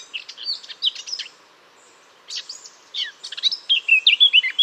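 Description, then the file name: Eurasian blackcap singing: short chattering bursts, a brief silence, then a run of clear, fluty whistled notes ending the phrase. "Sylvia atricapilla"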